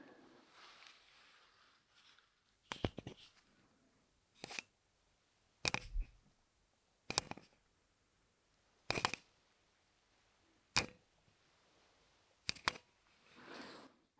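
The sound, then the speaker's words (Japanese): A Surface stylus pen clicks about eight times at irregular intervals, each a short, crisp, sharp snap against a very quiet background with no talking. “今のはサーフェイスペン。”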